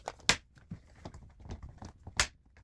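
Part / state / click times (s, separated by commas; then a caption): window blind headrail into wall or window mounting brackets / seated / 0.3 s, 2.2 s. A wood or faux wood blind headrail is hooked into the front of the clips and rotated back into its wall or window mounting brackets. Sharp snaps ring out at 0.3 s and 2.2 s, with quieter handling clicks and rustles between them. Each snap marks a bracket seating securely, so the headrail is held in both brackets.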